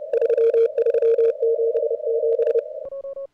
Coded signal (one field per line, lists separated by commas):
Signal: Morse code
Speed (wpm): 30 wpm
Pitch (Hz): 460 Hz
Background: radio noise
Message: 3377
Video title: CWops 0300 cwt at 550 hz cw